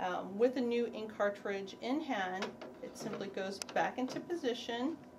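A new plastic ink cartridge is held and brought back toward its slot in an HP Designjet Z6200 large-format printer while someone talks throughout. The cartridge is only being handled; it has not seated or clicked yet by the end of the clip.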